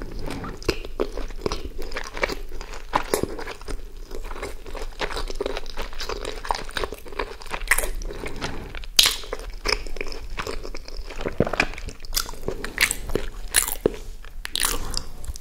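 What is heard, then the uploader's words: Steady chewing of nuggets, burger and fries, with frequent crisp crunches and bites, sharper bursts near nine and thirteen seconds. ASMR McDonalds Nuggets, Hamburger, Fries (EATING SOUNDS).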